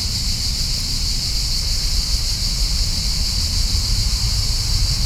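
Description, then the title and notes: Cicadas droning in an unbroken high buzz throughout, over a low rumble of wind or traffic. Cicadas at high volume in a park in Lisbon, Portugal, in summer; binaural microphones with a handheld recorder. "Parque Vale do Silêncio, 1800 Lisbon, Portugal - Summer cicadas. High volume cicadas on the park"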